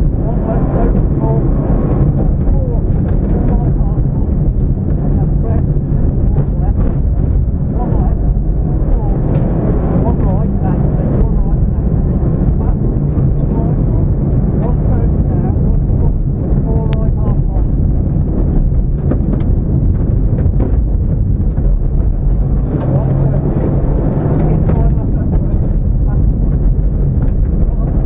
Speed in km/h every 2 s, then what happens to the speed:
129, 124, 113, 105, 114, 121, 124, 143, 127, 109, 100, 97, 105, 90.
0-6 brakes to 105. 6-13 speeds up to 143. 15-22 brakes to 97. 22-24 speeds up to 105. 24-28 brakes to 90.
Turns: none.